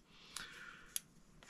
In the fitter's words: une fois c'est verrouillé comme je disais tac on range tout le monde et là ça ne prend vraiment pas